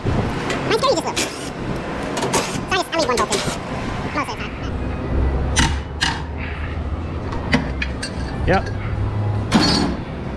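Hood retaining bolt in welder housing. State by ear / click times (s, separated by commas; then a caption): stripped / 7.5 s, 7.8 s. A hood retaining bolt on the sheet-metal hood of a Miller Bobcat 250 welder housing is being turned loose to remove it. Someone talks over a low engine-like hum, and the tool slips off the bolt with sharp metallic hits at about 7.5 and 7.8 seconds. The bolt head strips.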